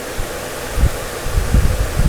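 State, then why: Not seated. A metal wire terminal is lined up and started into a plastic fuse box connector cavity during a Mopar dash rebuild, before being pushed home. Soft low rustling and handling thumps come through a steady hiss, mostly around 0.8 seconds and from 1.3 seconds on. Nothing has seated or clicked yet.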